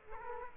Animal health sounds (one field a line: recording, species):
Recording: mosquito wingbeat signal from an infrared sensor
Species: Aedes aegypti